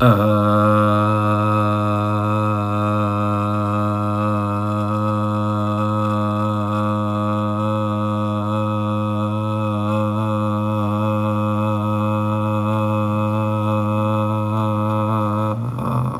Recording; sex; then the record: sustained vowel /a/; male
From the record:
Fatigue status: no fatigue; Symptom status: asymptomatic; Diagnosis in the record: COVID-19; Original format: m4a